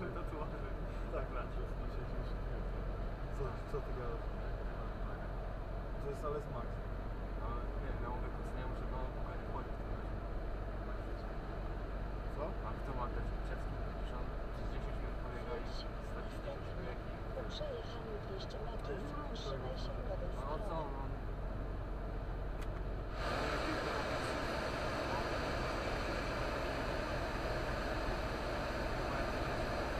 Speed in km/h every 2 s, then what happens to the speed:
62, 63, 63, 65, 66, 66, 67, 66, 65, 64, 64, 64, 62, 62, 61.
0-30 steady at about 64.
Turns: none.